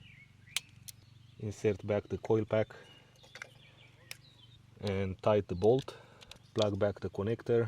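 A spark plug on a 3.2 Volvo S80 (B6324S / SI6) is tightened into the cylinder head to 17 Nm with a torque wrench. The wrench clicks at its setting at 0.6 s, followed by a few more faint clicks. Later someone talks.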